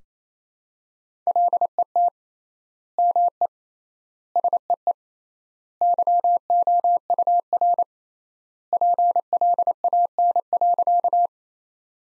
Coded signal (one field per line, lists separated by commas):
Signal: Morse code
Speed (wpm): 28 wpm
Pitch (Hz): 700 Hz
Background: none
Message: LET ME SEE YOUR PLAN.